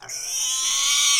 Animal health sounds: pig call; weaner (32 to 43 days)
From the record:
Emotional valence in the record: negative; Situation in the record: restrain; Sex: male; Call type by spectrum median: high-frequency call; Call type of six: mixed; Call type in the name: high-frequency stable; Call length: 1.20 s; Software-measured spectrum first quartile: 3213 Hz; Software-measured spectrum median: 5086 Hz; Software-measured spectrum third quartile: 6459 Hz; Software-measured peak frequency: 3125 Hz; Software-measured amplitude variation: 75 dB a second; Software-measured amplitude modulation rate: 26.3 a second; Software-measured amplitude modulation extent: 2.8 dB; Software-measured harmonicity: 3.4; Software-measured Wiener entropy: -2.48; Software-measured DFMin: 768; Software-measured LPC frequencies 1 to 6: 1130, 2270, 3137, 3593, 4318, 5817 Hz

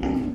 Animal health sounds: pig call; growing-finishing pig (85 days or more)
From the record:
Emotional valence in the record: negative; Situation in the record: barren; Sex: female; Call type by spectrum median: low-frequency call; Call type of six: low-frequency stable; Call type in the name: low-frequency stable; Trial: 1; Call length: 0.34 s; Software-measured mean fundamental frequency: 64 Hz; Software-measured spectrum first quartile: 214 Hz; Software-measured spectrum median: 291 Hz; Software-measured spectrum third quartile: 498 Hz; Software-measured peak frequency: 267 Hz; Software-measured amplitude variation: 150 dB a second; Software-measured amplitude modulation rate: 27.6 a second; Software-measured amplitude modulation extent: 5.4 dB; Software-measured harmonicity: 4.1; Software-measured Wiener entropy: -0.74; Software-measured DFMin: 882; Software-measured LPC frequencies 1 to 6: 285, 832, 2017, 2975, 5058, 5891 Hz

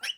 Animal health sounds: pig call; piglet (1 to 25 days)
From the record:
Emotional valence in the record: negative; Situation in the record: long isolation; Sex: male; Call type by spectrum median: high-frequency call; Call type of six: low-frequency tonal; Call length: 0.18 s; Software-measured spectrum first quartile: 2619 Hz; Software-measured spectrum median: 3171 Hz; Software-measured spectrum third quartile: 5591 Hz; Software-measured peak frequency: 2967 Hz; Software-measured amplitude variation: 243 dB a second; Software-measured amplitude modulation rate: 8.3 a second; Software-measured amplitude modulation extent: 29.3 dB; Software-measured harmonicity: 8.4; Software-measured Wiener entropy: -3.07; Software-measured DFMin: 1085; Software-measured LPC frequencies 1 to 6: 1647, 2633, 2998, 4513, 5455, 7824 Hz

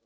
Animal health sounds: pig call; piglet (1 to 25 days)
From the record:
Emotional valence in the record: positive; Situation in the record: reunion after long isolation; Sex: female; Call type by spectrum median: low-frequency call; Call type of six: low-frequency tonal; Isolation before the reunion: 8 minutes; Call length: 0.06 s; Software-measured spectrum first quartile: 431 Hz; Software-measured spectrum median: 1917 Hz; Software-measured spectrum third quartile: 11647 Hz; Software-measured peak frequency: 466 Hz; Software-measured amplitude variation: 11 dB a second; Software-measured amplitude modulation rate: 7.8 a second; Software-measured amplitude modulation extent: 1.4 dB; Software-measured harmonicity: 8.4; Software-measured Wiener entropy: -2.42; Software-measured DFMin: 984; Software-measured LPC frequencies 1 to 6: 487, 1279, 2343, 3238, 4068, 4816 Hz

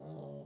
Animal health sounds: pig call; piglet (1 to 25 days)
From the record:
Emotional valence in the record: negative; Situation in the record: short isolation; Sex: female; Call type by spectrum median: low-frequency call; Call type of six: low-frequency modulated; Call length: 0.45 s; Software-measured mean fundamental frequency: 51 Hz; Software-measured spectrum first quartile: 175 Hz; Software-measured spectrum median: 354 Hz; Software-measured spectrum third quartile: 608 Hz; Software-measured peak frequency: 570 Hz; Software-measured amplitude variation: 71 dB a second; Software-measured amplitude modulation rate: 24.3 a second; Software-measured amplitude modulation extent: 2.9 dB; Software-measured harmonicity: 0.5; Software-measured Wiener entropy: 0.18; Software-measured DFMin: 1379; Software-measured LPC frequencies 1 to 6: 555, 3231, 3727, 4562, 6141, 7639 Hz

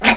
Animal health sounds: pig call; piglet (1 to 25 days)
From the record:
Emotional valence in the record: negative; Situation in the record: crushing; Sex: female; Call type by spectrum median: low-frequency call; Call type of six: low-frequency tonal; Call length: 0.17 s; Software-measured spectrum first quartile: 644 Hz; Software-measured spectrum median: 1587 Hz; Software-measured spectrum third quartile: 2447 Hz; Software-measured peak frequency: 2449 Hz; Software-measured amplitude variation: 205 dB a second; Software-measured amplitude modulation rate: 8.6 a second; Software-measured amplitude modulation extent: 23.8 dB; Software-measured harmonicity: 0.5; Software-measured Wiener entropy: -1.03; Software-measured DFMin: 746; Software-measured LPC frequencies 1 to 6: 785, 1852, 2348, 3188, 4975, 6033 Hz

